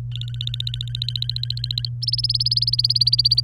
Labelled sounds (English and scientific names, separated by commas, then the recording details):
Domestic Canary (Serinus canaria) song
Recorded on 24 April 2018 at 13:12
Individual llb3